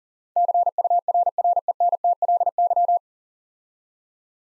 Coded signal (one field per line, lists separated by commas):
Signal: Morse code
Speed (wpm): 40 wpm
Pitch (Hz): 700 Hz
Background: none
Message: CURRENTLY